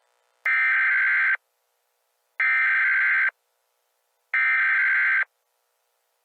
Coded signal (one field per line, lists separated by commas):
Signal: Emergency Alert System (SAME) tones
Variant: header bursts